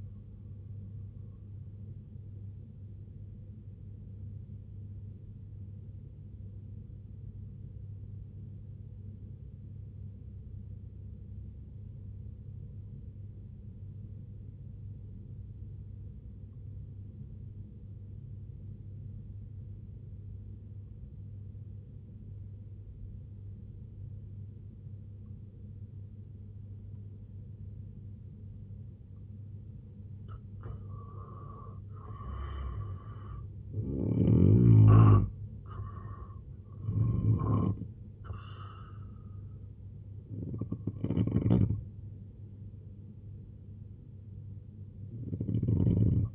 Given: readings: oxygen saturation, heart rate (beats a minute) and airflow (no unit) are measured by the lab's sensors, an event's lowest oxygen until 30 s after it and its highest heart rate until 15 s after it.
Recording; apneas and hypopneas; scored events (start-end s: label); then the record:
breathing in sleep by a smartphone at the bedside; 1
8.00-32.80 s: obstructive apnea (N1, oxygen 96% highest, then 83% lowest, heart rate 65 at the start, 88 highest)
13.00-43.00 s: new sleep stage, N2 (light sleep)
43.00-46.35 s: new sleep stage, N1 (lightest sleep)
From the record:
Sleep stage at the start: N1 (lightest sleep); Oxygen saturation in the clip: 84 to 96%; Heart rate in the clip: 62 to 88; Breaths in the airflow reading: 4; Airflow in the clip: -5.9 to 9.4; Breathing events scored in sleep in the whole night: 258 in 7.4 hours asleep